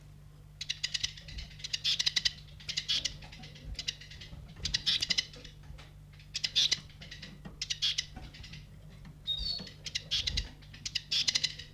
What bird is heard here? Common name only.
Eurasian Siskin